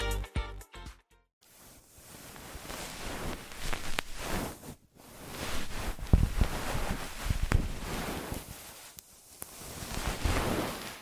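Ear massage and cleaning sounds, a dense, rustling rub that swells and fades in slow waves. A few soft taps open it, followed by a short silence near 1.5 seconds and another near 5 seconds. Sharp little clicks stand out around 6, 7.5 and 9.5 seconds.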